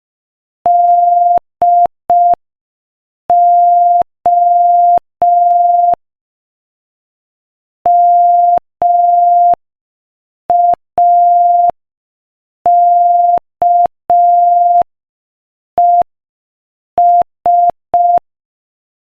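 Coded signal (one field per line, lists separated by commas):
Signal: Morse code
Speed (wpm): 5 wpm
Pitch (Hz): 700 Hz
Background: none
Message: DO MAKES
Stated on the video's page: Morse code practice at 5 wpm.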